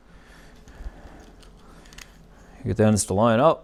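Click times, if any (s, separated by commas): none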